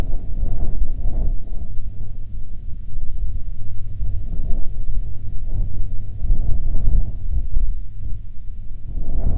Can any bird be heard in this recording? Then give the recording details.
no. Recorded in the Prudhoe Bay oil fields, Alaska, on 29 July 2019 at 17:07. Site 13